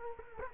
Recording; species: mosquito wingbeat signal from an infrared sensor; Culex quinquefasciatus